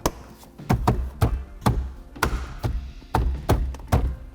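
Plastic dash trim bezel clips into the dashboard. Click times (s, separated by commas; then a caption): 0.1 s, 0.9 s, 1.7 s, 2.2 s, 3.1 s, 3.5 s. On a 2020-2024 Ford Explorer getting a 12-inch Sync 4 touchscreen upgrade, the plastic dash trim bezel around the new screen is lined up along its bottom edge and pressed so its clips snap into the dashboard. A series of sharp taps and thunks is heard, with clicks at 0.1, 0.9, 1.7, 2.2, 3.2 and 3.5 seconds. The bezel clips seat into the dash.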